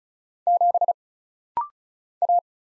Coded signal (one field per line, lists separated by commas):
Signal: Morse code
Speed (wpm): 36 wpm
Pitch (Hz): 700 Hz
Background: none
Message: 7 A